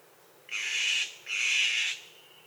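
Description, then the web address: Bird giving two harsh, raspy notes separated by a brief pause. Costa Rican cloud forest. "Natures Songs N America Birds of the Costa Rican Cloud Forest"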